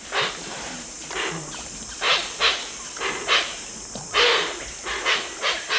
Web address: BIRD NOTE. Hoatzin